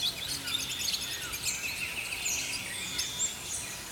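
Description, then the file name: Songbirds heard as thin high whistles and scattered chirps over a constant hiss, with a few brief sharper notes. Early morning. "Healing Power Natural Sounds Oasis - Early Morning Songbirds"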